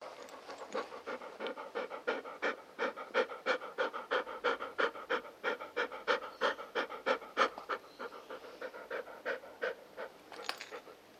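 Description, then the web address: Golden Retriever panting, quick rhythmic breaths about three per second, loudest in the middle and softer toward the end. Domestic dog panting. "Sound Effects-Foundation 1 ANIMAL DOG GOLDEN RETRIEVER DOTTI PANT"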